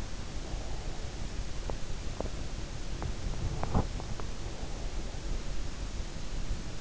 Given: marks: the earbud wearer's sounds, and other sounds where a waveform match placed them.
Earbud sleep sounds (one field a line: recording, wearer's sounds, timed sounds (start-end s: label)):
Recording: sounds in sleep by an in-ear microphone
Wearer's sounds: teeth grinding, body movement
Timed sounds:
1.61-2.40 s: teeth grinding
3.24-4.44 s: body movement